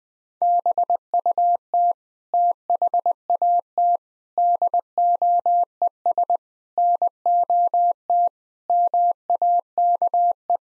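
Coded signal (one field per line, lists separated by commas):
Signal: Morse code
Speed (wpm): 20 wpm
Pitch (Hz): 700 Hz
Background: none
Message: BUT THAT DOES NOT MAKE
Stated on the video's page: Morse code practice at 20 wpm of sentences built from common seven-word phrases; each sentence is sent, spoken, then sent again.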